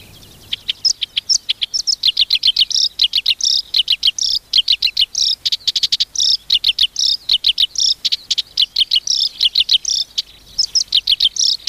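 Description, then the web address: Black-browed reed warbler song, a continuous scratchy chatter of quick high notes and short trills, running without pause through the whole stretch. "sikioto. koyoshikiri"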